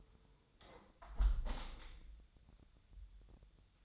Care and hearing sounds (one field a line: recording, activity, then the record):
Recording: daily activity, microphone in the room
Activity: close window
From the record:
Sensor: 3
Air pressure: 1014.9 hPa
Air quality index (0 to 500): 27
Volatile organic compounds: 1 ppm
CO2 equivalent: 512 ppm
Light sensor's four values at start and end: 10/23/9/9 and 10/22/9/9